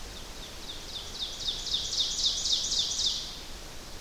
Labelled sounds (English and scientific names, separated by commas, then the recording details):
Ovenbird (Seiurus aurocapilla) song
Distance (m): 40 m
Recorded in boreal forest in Alberta, Canada, on 12 June 2016 at 07:17
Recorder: SongMeter 3, array SBT-3-18
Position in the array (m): 240 m, 83 m
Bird 31